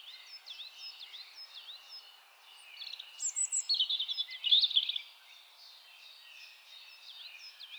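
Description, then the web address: European robin song: soft repeated high slurred notes, then a louder burst of rapid thin trills and squeaky whistles around the middle. "SETE Erithacus rubecula"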